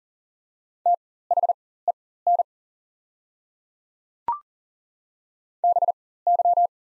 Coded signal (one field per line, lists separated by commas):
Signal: Morse code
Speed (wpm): 40 wpm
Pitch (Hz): 700 Hz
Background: none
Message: THEN BY